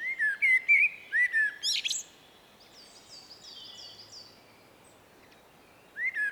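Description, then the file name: Common blackbird song phrases of fluty whistles and a shrill twittered ending, then a fainter series of high repeated notes before the blackbird resumes. "Turdus merula"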